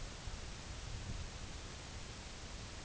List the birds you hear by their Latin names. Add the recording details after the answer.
none. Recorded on Arctic tundra, site UTQI-8, on 8 June 2019. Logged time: 02:00